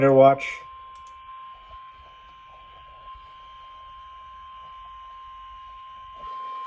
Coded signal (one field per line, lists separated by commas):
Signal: Emergency Alert System (SAME) tones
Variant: 1050 Hz attention tone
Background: speech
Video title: (LATE RELAY) Tornado Watch#44 EAS#667